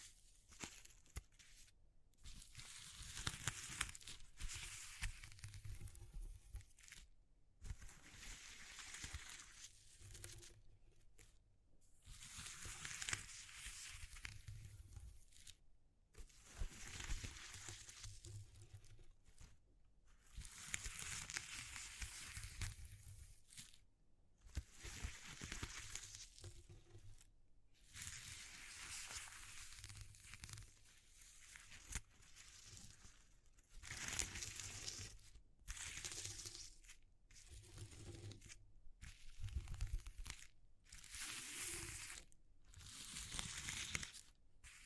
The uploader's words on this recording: ASMR Exploring Textures (No Talking).